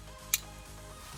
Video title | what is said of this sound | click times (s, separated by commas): BMW F30 RED Start/Stop Button Install! | in the back make sure it clicks into those little clips | 0.3 s